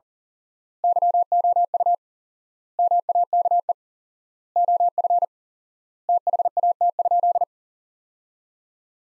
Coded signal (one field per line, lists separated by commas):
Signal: Morse code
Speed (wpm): 40 wpm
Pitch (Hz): 700 Hz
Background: none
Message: YOU MAKE OF THAT?